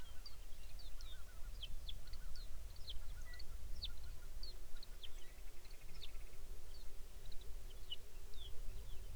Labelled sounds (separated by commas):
songbird, waterfowl, grouse or ptarmigan, shorebird